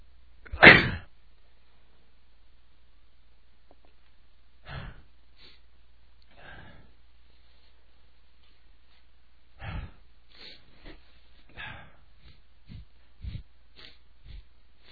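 Adult male: one loud sneeze burst, then scattered soft breathy puffs and catches, sneeze-like false starts that begin but never fully come.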